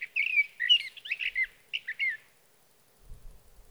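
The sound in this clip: Sage thrasher song, a continuous warbling stream of quick varied notes for about two seconds, followed by faint low rumbling.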